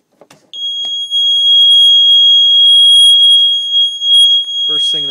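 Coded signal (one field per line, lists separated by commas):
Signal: beep code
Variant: trailer wiring tester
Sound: one long steady high-pitched beep lasting about four seconds, then a man talking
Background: speech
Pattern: 1 long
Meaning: Charging voltage is present at the trailer plug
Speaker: first thing that happens is you get a five second beep that will indicate you have charging voltage at the plug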